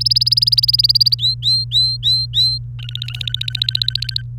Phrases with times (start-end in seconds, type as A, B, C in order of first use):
0.00-1.15 A, 1.19-2.58 B, 2.79-4.22 C